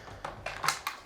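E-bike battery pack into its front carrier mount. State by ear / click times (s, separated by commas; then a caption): seated / 0.7 s. A removable battery pack is put onto its front carrier mount on a Brompton Electric C-Line 12-Speed folding e-bike. Short handling knocks come at about 0.2 s, 0.5 s and 0.9 s around a short, sharp clack at 0.7 s. The battery seats on the mount.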